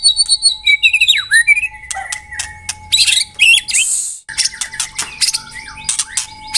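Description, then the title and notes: White-rumped shama song: whistled phrases and chips broken by a harsh noisy burst, then rapid sharp notes. Lure (pikat) song of white-rumped shama. "Pikat Murai Batu. Burung Murai Batu"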